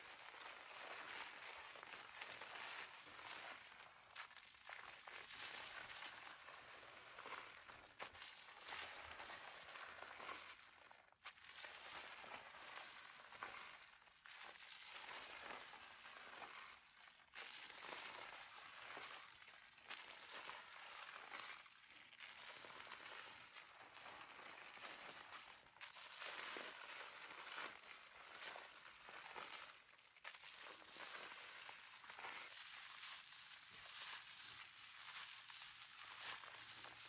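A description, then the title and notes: Hair washing and scalp scratching make a dense, steady bright rustle of crackly scrubbing, with slight swells and brief dips around 11 and 30 seconds. Hair wash hair brushing scalp scratch head massage (no talking).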